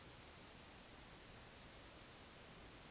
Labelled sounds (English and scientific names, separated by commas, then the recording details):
Eurasian Woodcock (Scolopax rusticola) whistle
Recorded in Baden-Württemberg, Germany, on 11 June 2021 at 20:30 UTC
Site 24606, 635 m above sea level